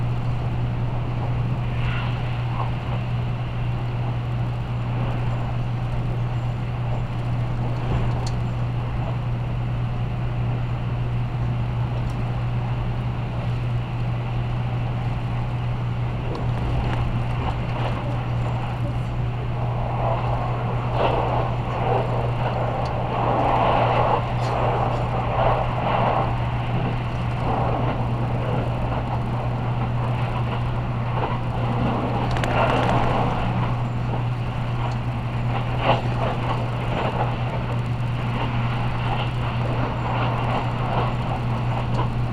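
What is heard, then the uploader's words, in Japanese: Riding aboard the Midori 16 limited express on the Nagasaki Main Line, a steady low hum and rumble of the moving train runs throughout. From about twenty seconds on, rattling and clatter thicken, with brief sharper knocks around 33 and 36 seconds. 長崎本線 佐賀→鳥栖 特急みどり16号。車内は6割くらいの乗車率でした。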